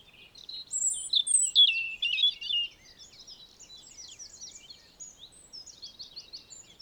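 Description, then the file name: European robin song opening with loud, high, sliding whistles, then fading into a quieter string of thin twittering notes. "Erithacus rubecula"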